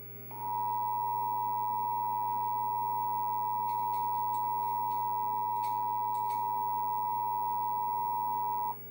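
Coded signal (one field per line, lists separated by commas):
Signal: Emergency Alert System (SAME) tones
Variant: 853 and 960 Hz attention tone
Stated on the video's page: Required monthly test with a synthesized voice reading a Spanish version.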